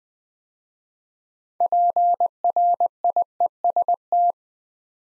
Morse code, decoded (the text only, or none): PRIEST